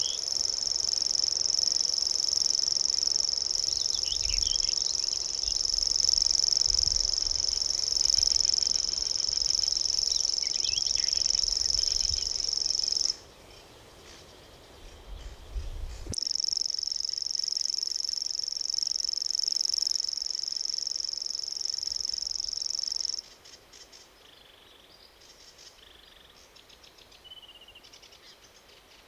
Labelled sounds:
Common Grasshopper Warbler song

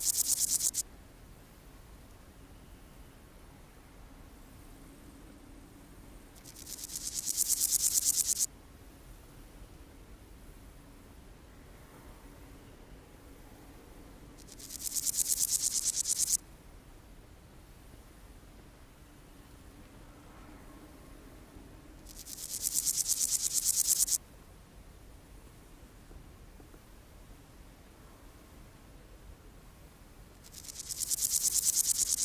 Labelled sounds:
Meadow Grasshopper

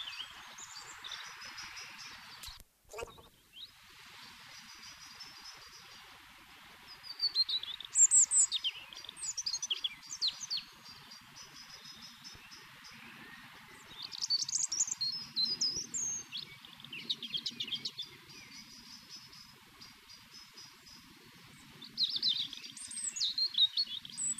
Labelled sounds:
European Robin song

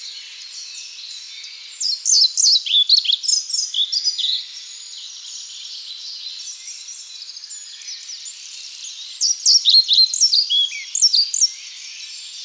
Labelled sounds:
European Pied Flycatcher song

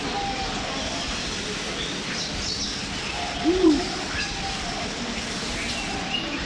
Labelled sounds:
Thick-billed Green Pigeon call

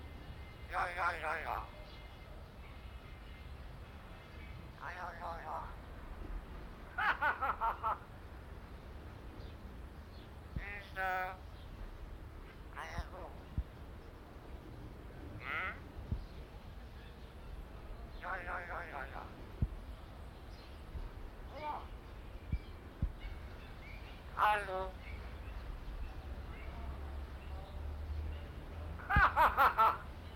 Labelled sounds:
Common Hill Myna

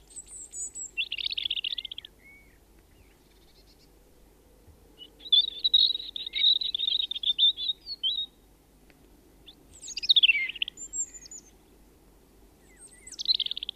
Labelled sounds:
European Robin song

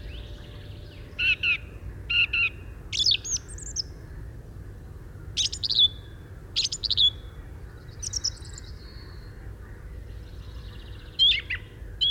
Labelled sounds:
Song Thrush song

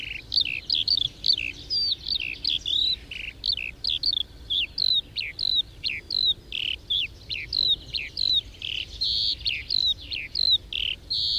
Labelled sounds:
Eurasian Skylark flight song

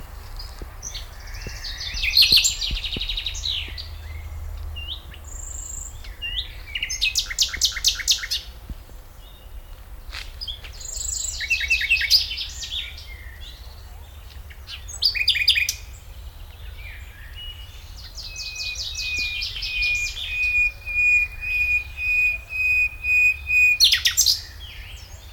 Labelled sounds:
Common Nightingale

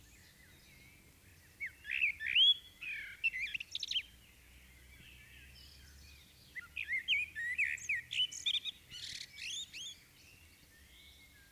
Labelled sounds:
Common Blackbird song

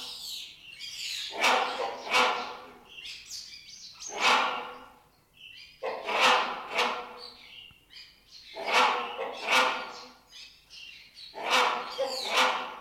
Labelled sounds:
Great Hornbill

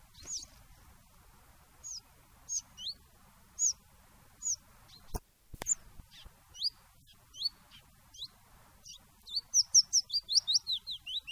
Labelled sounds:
Willow Warbler

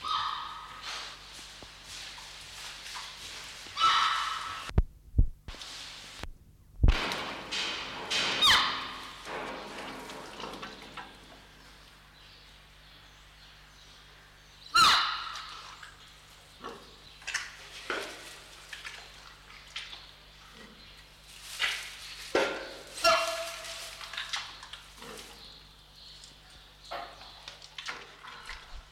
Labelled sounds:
Red River Hog call

